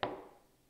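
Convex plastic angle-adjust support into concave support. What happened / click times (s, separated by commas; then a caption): The plastic bracket snapped into its socket / 0.0 s. In a solar-car kit build, the convex plastic angle-adjust support is pushed onto the concave support. A single sharp click sounds at 0.0 s and fades out over the next half second. The bracket seats in its socket.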